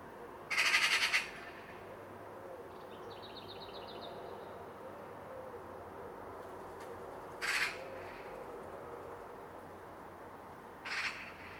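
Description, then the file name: Eurasian magpie calls: a harsh, rasping chatter burst, then two shorter harsh rattles several seconds apart, with a faint series of higher tonal notes between, over steady background noise. "Pica pica"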